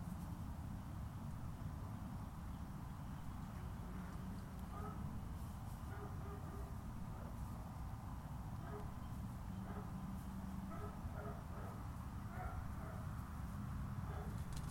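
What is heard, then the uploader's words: Ambience from a golf course in Palm Harbor, Florida: a steady, dense low rumble fills the whole span, like traffic or a mower running continuously. Short tonal chirps and murmur-like bits surface repeatedly above it, clustering around the middle and latter half. Golf Course, Palm Harbor FL.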